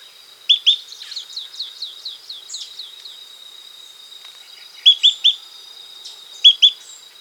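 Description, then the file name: Bird calls: sharp, high chirps in pairs and triplets, with a quick run of descending notes early on, over a steady high insect-like drone. "SABIOD bird"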